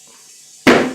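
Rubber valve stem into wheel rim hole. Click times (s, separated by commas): 0.7 s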